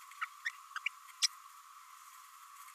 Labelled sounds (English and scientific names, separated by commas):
Green-rumped Parrotlet (Forpus passerinus) babbling